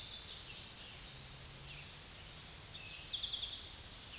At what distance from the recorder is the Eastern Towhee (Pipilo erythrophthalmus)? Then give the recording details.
about 40 m. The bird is about 5 m above the microphone. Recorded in a Pennsylvania forest on 16 May 2024 at 06:07. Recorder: AudioMoth, point MSD-2376. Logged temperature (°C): 16.7 °C. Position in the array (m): 110 m, 7 m